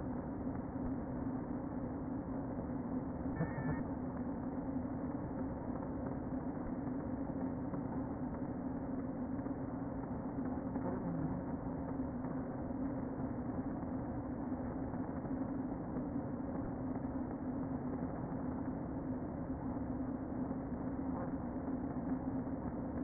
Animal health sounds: honeybee colony, microphone inside the hive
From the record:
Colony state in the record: queen present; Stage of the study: before two queens were removed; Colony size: about 60,000 bees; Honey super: yes

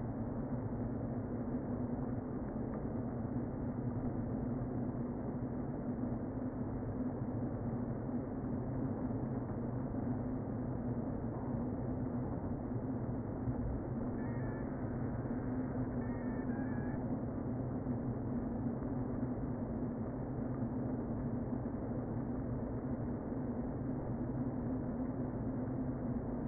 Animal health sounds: honeybee colony, microphone inside the hive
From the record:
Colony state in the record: queen present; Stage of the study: before two queens were removed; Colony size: about 60,000 bees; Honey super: yes

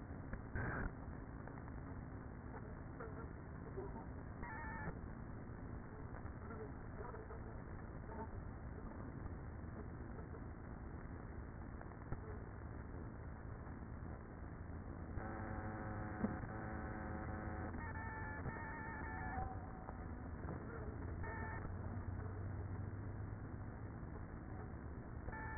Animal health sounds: honeybee colony, microphone inside the hive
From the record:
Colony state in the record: queenless with a low population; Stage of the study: after two queens were removed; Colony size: about 30,000 bees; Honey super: no

